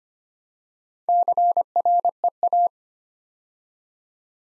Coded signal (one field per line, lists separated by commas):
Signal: Morse code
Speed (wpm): 25 wpm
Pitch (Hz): 700 Hz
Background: none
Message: CREA